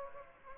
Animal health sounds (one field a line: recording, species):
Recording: mosquito wingbeat signal from an infrared sensor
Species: Aedes aegypti